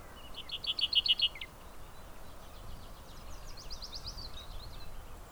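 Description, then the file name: Common chaffinch phrase: a brief rapid series of bright repeated notes, followed by fainter chattering notes over low background noise. "Fringilla coelebs"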